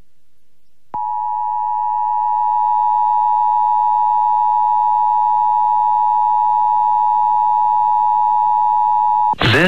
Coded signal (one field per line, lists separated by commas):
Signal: Emergency Alert System (SAME) tones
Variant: 853 and 960 Hz attention tone